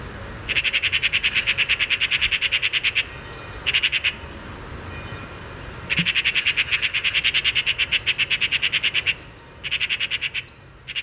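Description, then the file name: Eurasian magpie chattering in several harsh, rapid rattling bursts, two long and the others shorter, with thin falling whistles between them. "Pica pica"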